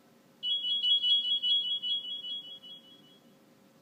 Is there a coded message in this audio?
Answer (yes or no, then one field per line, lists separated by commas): no